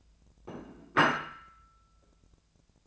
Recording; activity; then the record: daily activity, microphone in the room; place plate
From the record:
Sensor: 2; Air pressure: 1000.1 hPa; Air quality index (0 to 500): 133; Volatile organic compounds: 2 ppm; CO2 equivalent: 1136 ppm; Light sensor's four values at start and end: 27/67/28/31 and 26/66/28/31